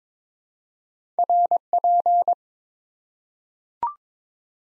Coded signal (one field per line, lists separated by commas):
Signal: Morse code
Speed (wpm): 22 wpm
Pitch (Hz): 700 Hz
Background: none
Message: RP